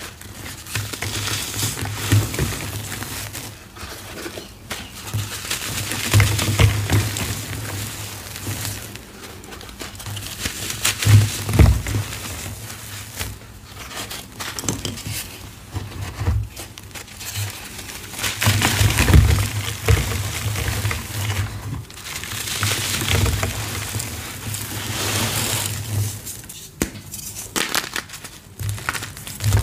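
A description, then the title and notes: Gritty reformed gym chalk and cornstarch being squeezed and crushed, a dense run of crunching and crinkling that swells and fades in waves. Sharp crackly bursts cluster around 6, 11, 19 and 27 seconds over a low steady hum. Gritty Chalk Textures Overload! Reformed Gym Chalk ASMR compilation with gritty textures, cornstarch crunchies, and chalk blocks.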